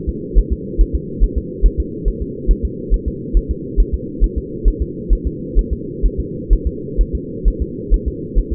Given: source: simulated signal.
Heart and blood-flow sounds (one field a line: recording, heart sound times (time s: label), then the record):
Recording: fetal heart sounds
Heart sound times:
0.09 s: S2
0.38 s: S1
0.53 s: S2
0.81 s: S1
0.95 s: S2
1.24 s: S1
1.38 s: S2
1.66 s: S1
1.80 s: S2
2.08 s: S1
2.22 s: S2
2.51 s: S1
2.65 s: S2
2.94 s: S1
3.08 s: S2
3.37 s: S1
3.51 s: S2
3.80 s: S1
3.94 s: S2
4.24 s: S1
4.38 s: S2
4.68 s: S1
4.82 s: S2
5.13 s: S1
5.27 s: S2
5.59 s: S1
5.73 s: S2
6.06 s: S1
6.20 s: S2
6.53 s: S1
6.67 s: S2
7.01 s: S1
7.15 s: S2
7.48 s: S1
7.62 s: S2
7.94 s: S1
8.08 s: S2
8.38 s: S1
8.53 s: S2
From the record:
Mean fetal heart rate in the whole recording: 135 bpm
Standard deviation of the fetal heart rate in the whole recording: 3 bpm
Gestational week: 36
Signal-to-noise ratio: -4.1 dB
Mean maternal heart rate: no maternal heart sound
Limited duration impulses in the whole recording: absent